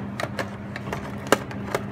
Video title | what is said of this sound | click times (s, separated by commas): Dollar Bill Jamb | and it will slide down and snap in place and then this light here should be solid red | 1.3 s